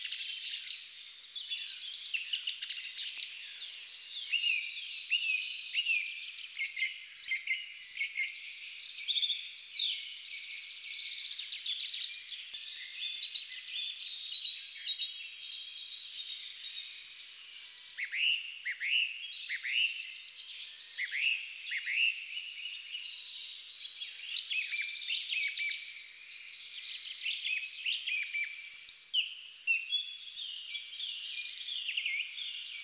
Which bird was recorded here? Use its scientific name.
Turdus philomelos